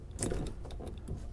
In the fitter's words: actually um push your Christmas tree connector back on until it locks into place and